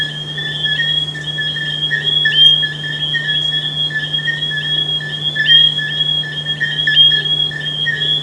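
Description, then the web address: Chorus of frogs: continuous high-pitched, squealing trills layered together without pause, over a steady low hum. "humbot audio frogs"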